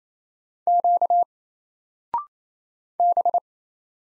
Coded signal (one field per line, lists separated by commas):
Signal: Morse code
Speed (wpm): 28 wpm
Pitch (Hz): 700 Hz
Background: none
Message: Q B